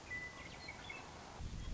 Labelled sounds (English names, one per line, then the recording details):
Western Meadowlark
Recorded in Sonoma County, California